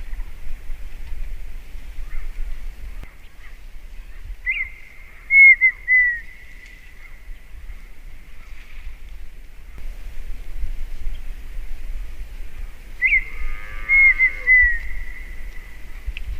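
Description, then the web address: Partridge giving two loud whistled phrases several seconds apart, each a sharp rising note sliding into a wavering descending whistle, over steady low rumbling background noise. "perdiz canto"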